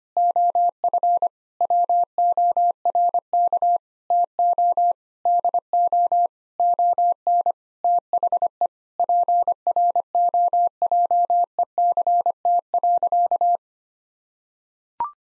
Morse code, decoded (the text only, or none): OF WORK TO DO ON THE PROJECT.